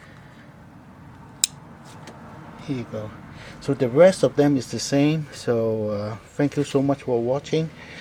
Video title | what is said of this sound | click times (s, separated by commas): 2014-2019 Toyota Corolla 100k Tune up, Ignition coil 673-1310, DENSO Iridium Spark Plug 4711 TT DIY | that's it and then when you put back just make sure you heard the kick sign kick sound | 1.4 s